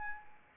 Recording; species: mosquito wingbeat signal from an infrared sensor; Anopheles arabiensis